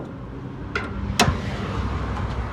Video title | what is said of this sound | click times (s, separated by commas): Further inspecting the damage on my dads Matrix XR | You can hear it click really easy. | 1.2 s